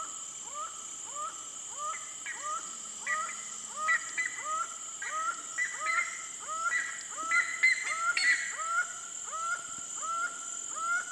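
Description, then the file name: Laughing Falcon calls in a fast, overlapping series of short harmonic notes, apparently more than one bird, growing louder and busier toward the middle, over steady insect buzz. Recorded in the Pantanal. "Acaua"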